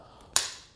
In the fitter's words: we'll snap the ball over the tablet hold physical tablet holder itself and you can hear it until it snaps and then